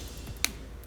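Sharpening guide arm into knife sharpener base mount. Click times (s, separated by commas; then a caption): 0.4 s. The grooved sharpening guide arm of a Vipersharp V2 Professional Knife Sharpening System is lined up with the mount on the sharpener base and pushed into place. A single sharp, loud snap rings out at 0.4 s over a quiet background, followed by a faint tick at 0.8 s. The guide rod pops into the mount and is seated.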